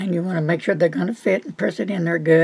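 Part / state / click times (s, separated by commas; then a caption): ink cartridge into fountain pen section / not seated / none. An ink cartridge is handled and pressed onto the feed nipple of a fountain pen section while someone talks. Only speech is heard in the clip, and the cartridge has not seated or snapped home yet.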